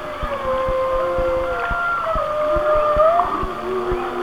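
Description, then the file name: Whale song: long drawn-out tones glide slowly, one rising in the later part, over evenly spaced low clicks. "Whale Songs"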